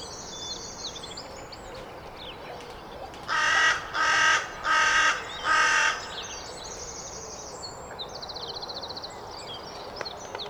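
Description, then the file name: Carrion crow gives four hoarse caws in quick succession, with other small birds chirping and twittering in the background. "Corvus corone"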